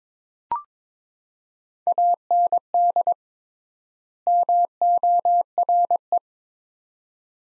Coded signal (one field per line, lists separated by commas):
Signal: Morse code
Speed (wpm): 22 wpm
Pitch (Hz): 700 Hz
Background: none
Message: AND MORE